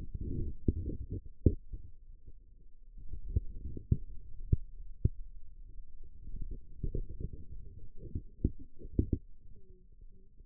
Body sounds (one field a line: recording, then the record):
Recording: forearm muscle sounds (acoustic myography)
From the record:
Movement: radial deviation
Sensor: system 2, bracelet of six BSWA MPA416 microphones around the upper forearm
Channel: 4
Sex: male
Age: 22 years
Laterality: right